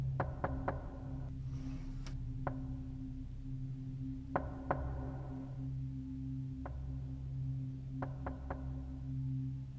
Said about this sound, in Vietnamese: Đang định cởi đồ thì bên ngoài có tiếng gõ cửa. Đúng là tiếng gõ cửa. Tôi cau mày. Là nó... Tôi im lặng để lắng nghe. Là tiếng gõ cửa nhà tôi.